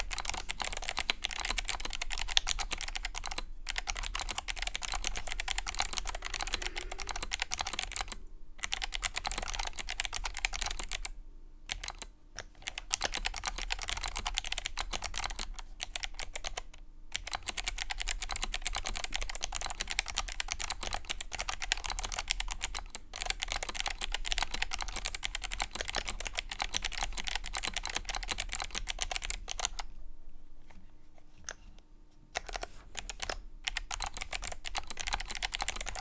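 Mechanical keyboard typing in fast, dense clattering bursts, bright, with brief silent pauses around 8, 11, 17 and 30 seconds.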